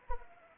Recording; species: mosquito wingbeat signal from an infrared sensor; Anopheles arabiensis